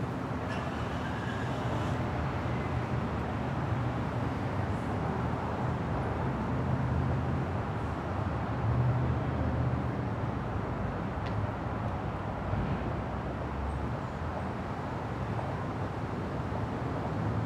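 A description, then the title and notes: A steady outdoor roar of street traffic fills the entrance of a building near the street, dense and low with a constant rumble. The level barely changes, with faint brief clicks and knocks now and then around two, eleven and thirteen seconds. Building Entrance Near the Street.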